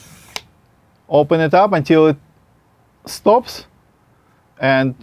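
A travel tripod leg is swung open into its open-position stop on the tripod hub, giving a single sharp, ratchet-like click at 0.4 s as it seats. Someone then talks.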